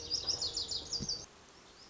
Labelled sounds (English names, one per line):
Lazuli Bunting